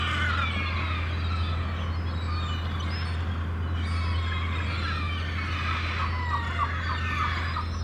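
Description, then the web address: Gulls calling, many harsh yelping cries overlapping from a crowd of birds, over a steady low mechanical hum throughout. Many gulls calling in a harbour. "The Sound Pack Tree - Sonic Seaside - Crazy Harbor Seagulls"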